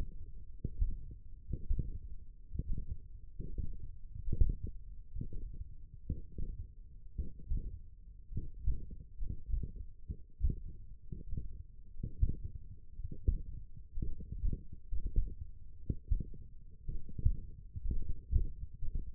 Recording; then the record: forearm muscle sounds (acoustic myography)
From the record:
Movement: tripod grip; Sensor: system 1, eight BSWA MPA416 microphones around the upper forearm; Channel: 7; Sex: male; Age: 23 years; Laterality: right